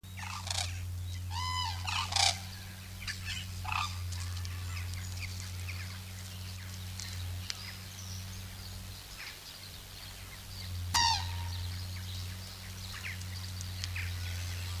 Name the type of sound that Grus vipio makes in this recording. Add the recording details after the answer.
call. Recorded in captivity. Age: adult. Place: Zoo Münster, Nordrhein-Westfalen, DE. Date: 1988-10-04 13:58. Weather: bedeckt, 14°C. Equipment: Sony WM-D6C, Kopie Uher. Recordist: Tembrock, Günter